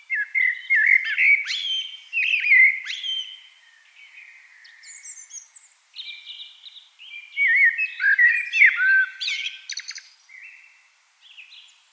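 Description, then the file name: Eurasian blackbird song in two bursts of melodious fluted and warbled notes mixed with squeaky twitters, with a quieter stretch of softer notes between them. "Turdus merula"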